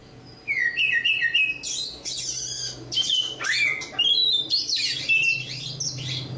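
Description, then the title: Oriental magpie-robin giving a series of quick whistled notes, then a loud, harsh, buzzy jumble of high sweeping phrases, over a low background hum. Competition kacer poci, national champion; singing gacor, 'nembak' and 'ngerol' styles; seven kinds of kacer sound every three minutes. "Kacer Poci Gacor Nembak Dan Ngerol Juara Nasional. 7 macam suara kacer setiap 3 menit"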